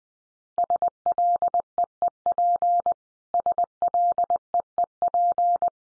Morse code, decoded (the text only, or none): SLEEP SLEEP